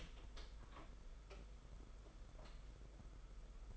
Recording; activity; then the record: daily activity, microphone in the room; open door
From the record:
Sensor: 5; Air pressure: 991.7 hPa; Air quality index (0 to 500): 134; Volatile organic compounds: 85 ppm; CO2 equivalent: 3646 ppm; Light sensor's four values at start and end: 34/112/42/45 and 34/112/42/45